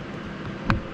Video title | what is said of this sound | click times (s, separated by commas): How to Solder RC Plugs (XT90, XT60, Traxxas TRX, Deans, IC5, IC3, EC5, EC3, Redcat Banana). | until you hear the click | 0.7 s